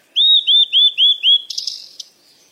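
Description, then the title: Bird whistles: five loud, clear, upward-curving notes at a steady pace, then a short scratchy buzz. "鸟儿喳喳"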